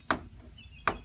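The cord compartment door of a 2007 Fleetwood Santa Fe pop-up camper is snapped shut after the 30 amp shore power cord is pushed back inside, so the cord won't fly out and bang on the highway and break the plug. Two sharp knocks are heard at 0.1 s and 0.9 s, with a faint high tone in between. The door is caught and seated shut.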